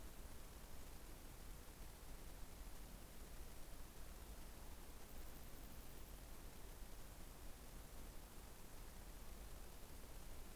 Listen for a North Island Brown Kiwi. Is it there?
no